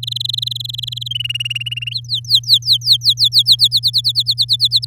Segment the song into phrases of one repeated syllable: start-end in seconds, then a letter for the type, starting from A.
0.03-1.08 A, 1.10-1.93 B, 1.94-3.56 C, 3.59-4.85 D